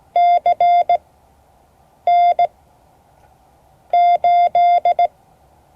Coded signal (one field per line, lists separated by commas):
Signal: Morse code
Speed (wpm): 17 wpm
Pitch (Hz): 700 Hz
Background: none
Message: CN8